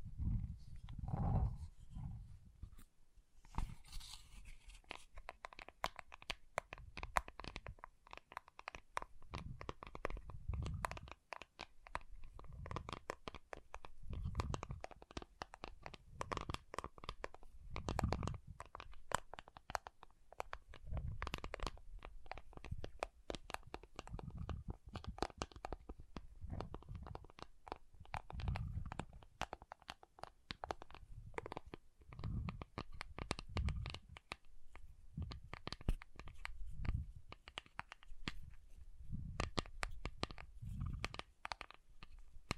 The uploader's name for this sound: Soothing & Deep Water Beads Sounds